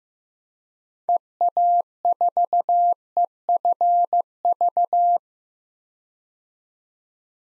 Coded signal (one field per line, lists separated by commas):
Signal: Morse code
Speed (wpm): 15 wpm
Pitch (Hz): 700 Hz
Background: none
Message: EA4EFV